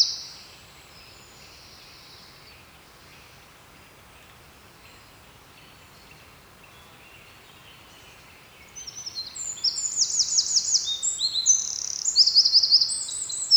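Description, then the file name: Eurasian wren song begins after several quiet seconds, a loud, fast, high tumble of notes and trills that runs for about five seconds. "Troglodytes troglodytes"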